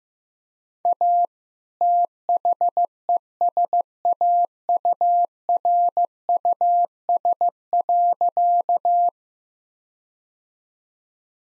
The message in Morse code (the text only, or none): A THESAURUS.